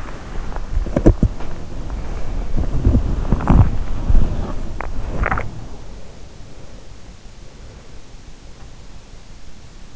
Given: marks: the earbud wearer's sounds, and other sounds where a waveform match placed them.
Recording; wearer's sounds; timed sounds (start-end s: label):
sounds in sleep by an in-ear microphone; body movement, teeth grinding
0.00-5.94 s: body movement
4.97-5.57 s: teeth grinding